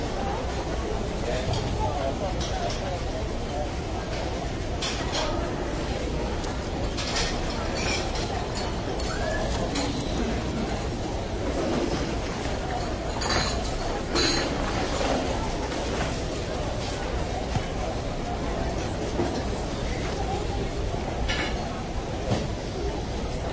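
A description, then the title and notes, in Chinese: Ambience in an airport departure lounge at Shanghai Pudong: a steady, dense murmur of many voices mixed into one continuous crowd noise. Brief clinks and small knocks rise out of it every second or two, with no pauses throughout. 机场候机大厅环境音。上海浦东国际机场候机室氛围声音。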